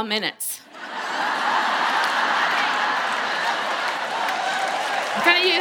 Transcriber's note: laughter